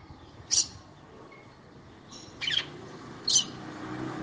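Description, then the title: Red-cowled cardinal song: three separate sharp high chirps at uneven intervals, with low background rumble. Fiery female singing to the male. "Canto Galo Campina Fêmea. FÊMEA DE GALO DE CAMPINA FOGOSA CANTANDO PRO MACHO"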